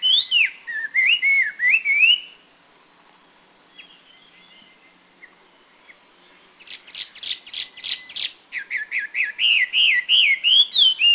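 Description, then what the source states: Taiwan hwamei song: loud, varied whistled phrases sliding between high and low, repeated notes in quick runs, a pause of a few seconds, then fast rhythmic bursts and whistles again. Recorded near Huisun, Taiwan, in April 2010.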